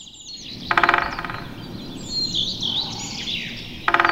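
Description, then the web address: Great spotted woodpecker with two brief, hard call notes about three seconds apart, while other small birds chirp and trill high above steady background noise. Recorded in a nature park. "Naturpark Canyon Audiodateien Buntspecht"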